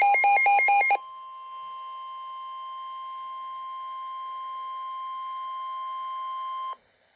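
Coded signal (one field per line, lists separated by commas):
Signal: Emergency Alert System (SAME) tones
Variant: 1050 Hz attention tone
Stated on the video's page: NOAA Weather Radio flash flood warning alert for Berks and southwestern Lehigh counties, Pennsylvania.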